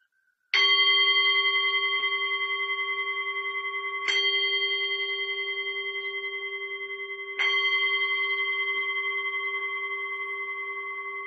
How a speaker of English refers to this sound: All right, so sit in a comfortable position with your back straight, and I will just sound the bell for us to get started.